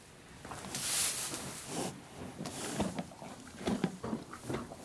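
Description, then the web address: Horse blowing a loud hissing snort about one second in, then quieter rustling movement noises. Horses moving around in a stable, heard close and very close, with a loud snort. "BBC Horses Snorting BBC moving around in stable close and very close perspective with loud snort on mic"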